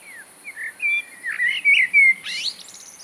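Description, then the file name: Eurasian blackbird song: a run of rich, low whistled notes rising and falling, closing with a thin, scratchy high-pitched flourish. "Turdus merula"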